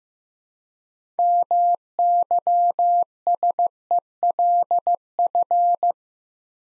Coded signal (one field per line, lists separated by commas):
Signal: Morse code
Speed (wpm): 15 wpm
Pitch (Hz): 700 Hz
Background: none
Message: MYSELF